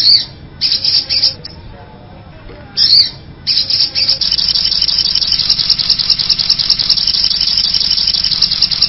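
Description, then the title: Little spiderhunter calling: a few short high bursts separated by quiet gaps, then a sustained rapid string of sharp, high-pitched notes through the rest. Bird-luring sound (pikatan). "master pikatan burung sogok ontong"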